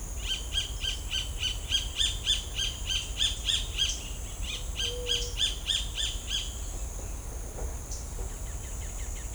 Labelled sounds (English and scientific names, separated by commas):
Roadside Hawk (Rupornis magnirostris), White-tipped Dove (Leptotila verreauxi), Pale-legged Hornero (Furnarius leucopus)